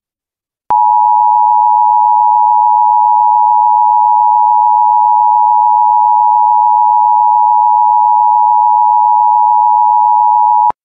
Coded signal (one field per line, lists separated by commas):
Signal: Emergency Alert System (SAME) tones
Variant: 853 and 960 Hz attention tone